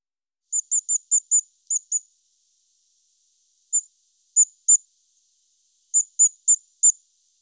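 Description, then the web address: Common firecrest uttering very high, thin tsit notes, first a quick run of seven, then scattered single notes and a later group of four, with silence between. "IVN Zangvogels. Vuurgoudhaantje"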